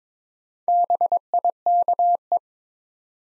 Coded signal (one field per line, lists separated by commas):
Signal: Morse code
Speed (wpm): 22 wpm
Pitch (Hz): 700 Hz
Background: none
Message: BIKE